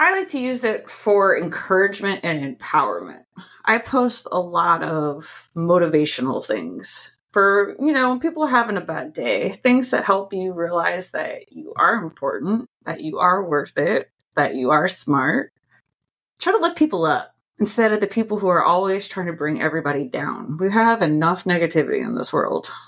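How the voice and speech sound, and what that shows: An adult woman speaks fluently and clearly at a relaxed pace, with ordinary voice and articulation.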